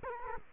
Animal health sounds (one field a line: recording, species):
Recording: mosquito wingbeat signal from an infrared sensor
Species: Culex quinquefasciatus